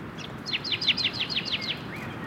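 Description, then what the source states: Canyon Towhee song: a quick run of about eight sharp, slurred chip notes delivered evenly in just over a second, over steady wind noise. Singing at dawn on the last morning, in the breeze with wind; Organ Pipe National Monument, southern Arizona, late March 2017; binaural recording.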